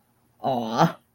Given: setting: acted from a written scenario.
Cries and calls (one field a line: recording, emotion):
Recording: vocal sound without words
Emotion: sadness